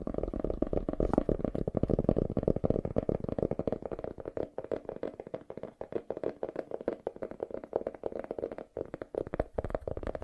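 Fast tapping runs nonstop for the whole ten seconds, a dense, rapid patter of small knocks with a low, hollow, thudding body. The taps blur into a rumbling flutter, slightly fuller in the first few seconds, with brief gaps near the end.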